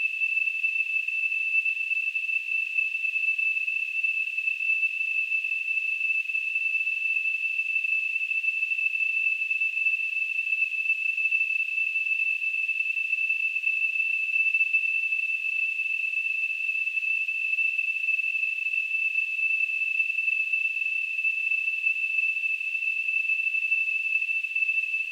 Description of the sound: Tinnitus.